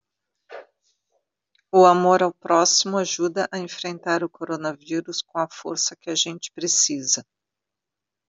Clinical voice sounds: spoken sentence; Brazilian Portuguese; female; 50 to 59 years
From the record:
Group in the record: control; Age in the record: 54 years

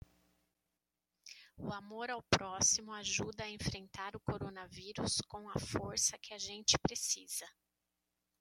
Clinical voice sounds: spoken sentence; Brazilian Portuguese; female; 40 to 49 years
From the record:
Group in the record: control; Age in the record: 47 years

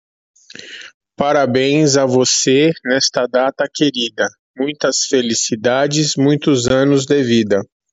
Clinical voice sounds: short text; Brazilian Portuguese; male; 40 to 49 years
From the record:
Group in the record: control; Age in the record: 49 years

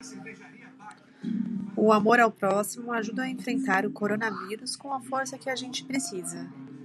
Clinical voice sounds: spoken sentence; Brazilian Portuguese; female; 30 to 39 years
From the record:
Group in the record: control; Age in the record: 31 years

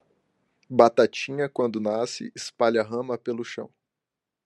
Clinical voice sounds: short text; Brazilian Portuguese; male; 20 to 29 years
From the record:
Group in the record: control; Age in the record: 23 years

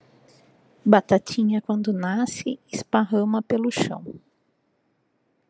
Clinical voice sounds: short text; Brazilian Portuguese; female; 50 to 59 years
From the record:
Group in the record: control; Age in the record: 51 years

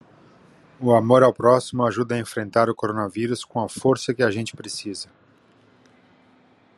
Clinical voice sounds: spoken sentence; Brazilian Portuguese; male; 40 to 49 years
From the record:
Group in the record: control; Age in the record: 49 years

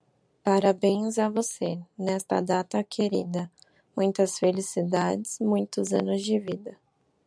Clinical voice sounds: short text; Brazilian Portuguese; female; 20 to 29 years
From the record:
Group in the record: control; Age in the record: 21 years

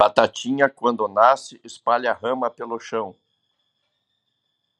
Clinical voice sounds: short text; Brazilian Portuguese; male; 50 to 59 years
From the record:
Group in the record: control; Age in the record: 57 years

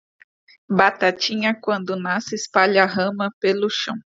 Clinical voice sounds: short text; Brazilian Portuguese; female; 30 to 39 years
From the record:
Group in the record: control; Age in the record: 30 years

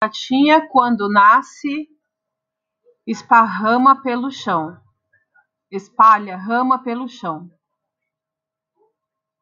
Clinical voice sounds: short text; Brazilian Portuguese; female; 40 to 49 years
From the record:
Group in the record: control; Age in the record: 42 years

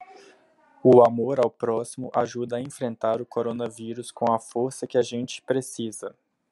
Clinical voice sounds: spoken sentence; Brazilian Portuguese; male; 30 to 39 years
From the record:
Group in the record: control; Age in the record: 33 years

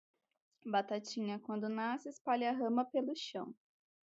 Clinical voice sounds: short text; Brazilian Portuguese; female; 20 to 29 years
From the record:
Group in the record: control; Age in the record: 27 years

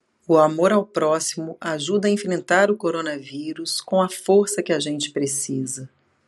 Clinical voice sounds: spoken sentence; Brazilian Portuguese; female; 40 to 49 years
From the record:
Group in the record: control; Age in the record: 48 years

